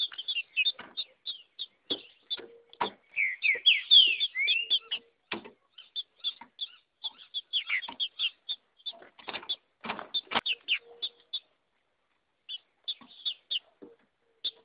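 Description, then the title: Green-winged saltator song of quick, sharp high notes in an uneven stream, broken by a cluster of rising whistled slurs and a few short pauses. Female singing in a male-like manner, recorded live in the wild bush. "femea de trinca ferro macheando ao vivo no mato"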